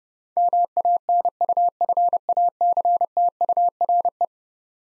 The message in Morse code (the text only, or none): MANUFACTURE